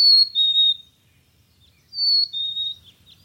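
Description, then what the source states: Chickadee giving a clear whistled two-note phrase, high then slightly lower, sung twice about two seconds apart. Heard calling in the distance while hiking among fir trees in the New England mountains.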